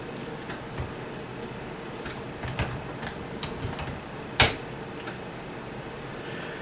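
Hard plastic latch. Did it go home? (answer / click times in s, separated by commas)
yes / 4.4 s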